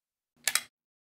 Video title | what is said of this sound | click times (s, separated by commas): HeartSine Samaritan PAD 350P AED Demo | it all the way to the back of the unit until you hear the pad pack click into place | 0.5 s, 0.6 s